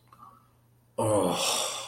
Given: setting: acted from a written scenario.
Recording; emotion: vocal sound without words; disappointment